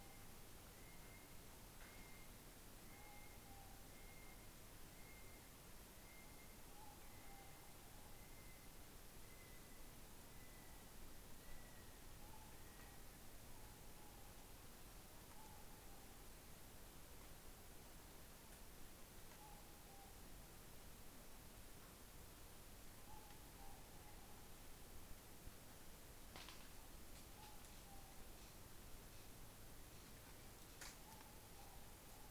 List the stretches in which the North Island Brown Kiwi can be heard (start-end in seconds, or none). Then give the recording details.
0.00-13.19. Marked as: faintness 3/5. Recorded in New Zealand on 17 November 2013. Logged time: 03:42. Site BS16